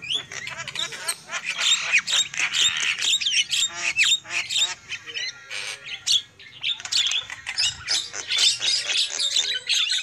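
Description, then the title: Lovebird chattering, rapid shrill squawks and clicks, continuous over a low hum. Lovebird lure call used for bird trapping. "PIKAT BURUNG LOVEBIRD"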